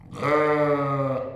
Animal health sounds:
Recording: contact call of a hoofed animal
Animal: sheep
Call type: low-frequency (closed-mouth) or high-frequency (open-mouth) call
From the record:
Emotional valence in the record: negative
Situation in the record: short social isolation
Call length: 1.36 s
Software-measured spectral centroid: 1330 Hz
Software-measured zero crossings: 1290 a second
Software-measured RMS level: -23 dBFS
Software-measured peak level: -11 dBFS

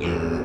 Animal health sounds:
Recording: contact call of a hoofed animal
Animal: pig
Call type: closed-mouth grunt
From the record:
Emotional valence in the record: negative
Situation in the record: short social isolation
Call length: 0.45 s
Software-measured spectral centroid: 1460 Hz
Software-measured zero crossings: 1100 a second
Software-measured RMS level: -24 dBFS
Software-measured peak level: -14 dBFS

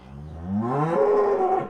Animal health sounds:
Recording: contact call of a hoofed animal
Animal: cattle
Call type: low-frequency (closed-mouth) or high-frequency (open-mouth) call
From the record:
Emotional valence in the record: negative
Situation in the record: full separation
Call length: 1.70 s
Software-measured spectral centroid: 840 Hz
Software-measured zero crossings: 950 a second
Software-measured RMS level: -23 dBFS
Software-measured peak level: -10 dBFS

